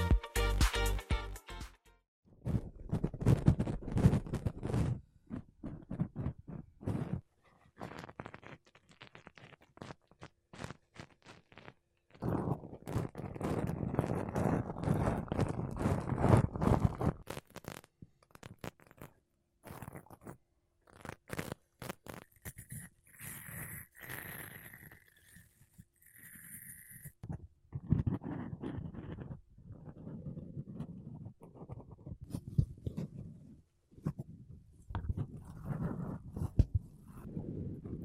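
Makeup brushes and a sponge are worked over a microphone, making dense, scratchy strokes and soft rubbing that come in bursts with brief pauses. Louder stretches of brushing occur near 3 and 15 seconds, and short bright swishes stand out around 22 to 27 seconds.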